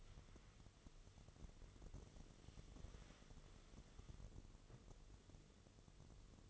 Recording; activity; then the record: daily activity, microphone in the room; wipe stove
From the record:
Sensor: 4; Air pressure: 1016.0 hPa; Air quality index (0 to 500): 166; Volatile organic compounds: 6 ppm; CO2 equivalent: 1887 ppm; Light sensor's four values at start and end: 8/18/7/7 and 9/19/7/7